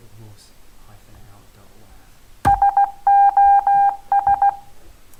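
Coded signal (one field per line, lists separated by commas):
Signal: Morse code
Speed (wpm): 16 wpm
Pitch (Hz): 800 Hz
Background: speech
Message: SOS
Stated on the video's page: Morse generated by a Haskell program.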